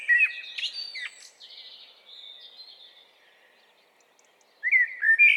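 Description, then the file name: Common blackbird song: the end of a phrase with squeaky high notes, thin fading twittering, then a new warbled phrase begins near the end. "Turdus merula"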